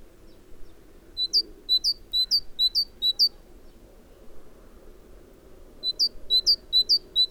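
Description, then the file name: Great tit calling in two rapid runs of high, bright chirps, each run of several fast, regular notes, with a quiet pause between. "Parus major"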